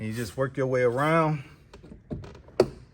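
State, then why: Released. Someone talks while working around the edge of a plastic Ford Mustang door panel, pulling its retaining clips out of the car door frame one after another. Soft taps follow the talking, then a sharp pop at 2.6 s as a clip releases from the door.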